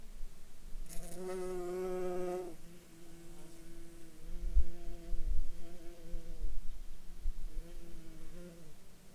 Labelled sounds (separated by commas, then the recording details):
insects
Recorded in Ivvavik National Park, Yukon, on 5 July 2019 at 14:49
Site SINP09